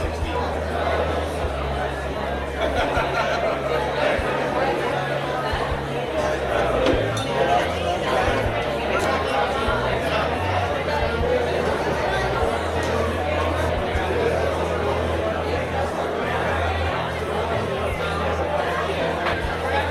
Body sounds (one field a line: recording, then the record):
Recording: background sound without coughing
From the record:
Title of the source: CITY SOUNDS Busy Bar in the Evening Night - 2 HOURS of Ambiance for Relaxation